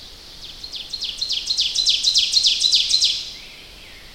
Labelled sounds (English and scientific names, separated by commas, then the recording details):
Ovenbird (Seiurus aurocapilla) song
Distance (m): 15 m
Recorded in boreal forest in Alberta, Canada, on 10 June 2016 at 07:45
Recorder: SongMeter 3, array SBT-3-39
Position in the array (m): 325 m, 145 m
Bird 19